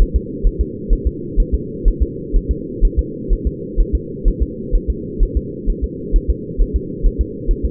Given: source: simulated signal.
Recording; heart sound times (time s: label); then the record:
fetal heart sounds
0.02 s: S1
0.16 s: S2
0.47 s: S1
0.61 s: S2
0.93 s: S1
1.07 s: S2
1.40 s: S1
1.54 s: S2
1.88 s: S1
2.02 s: S2
2.36 s: S1
2.51 s: S2
2.85 s: S1
2.99 s: S2
3.33 s: S1
3.47 s: S2
3.81 s: S1
3.95 s: S2
4.28 s: S1
4.42 s: S2
4.75 s: S1
4.90 s: S2
5.23 s: S1
5.37 s: S2
5.70 s: S1
5.84 s: S2
6.16 s: S1
6.30 s: S2
6.61 s: S1
6.76 s: S2
7.06 s: S1
7.21 s: S2
7.51 s: S1
7.65 s: S2
From the record:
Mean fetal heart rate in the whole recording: 130 bpm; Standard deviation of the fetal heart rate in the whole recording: 2 bpm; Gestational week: 38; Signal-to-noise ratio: -4.1 dB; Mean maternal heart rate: no maternal heart sound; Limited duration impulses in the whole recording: absent